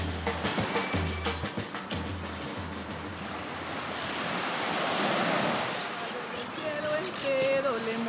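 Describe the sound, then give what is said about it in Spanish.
Ocean waves on Colombia's northern Pacific coast near the Panama border break on the shore in a broad, hissing wash that swells to a peak and slowly recedes, with some sharp knocks early on and a faint high tone near the end. “El mar es el maestro de esta orquesta.”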